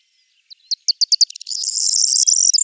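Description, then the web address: Corn bunting call: a few short ticking notes speeding up, then a dry, high, jangling buzzy trill that runs to the end. "corn bunting bird call"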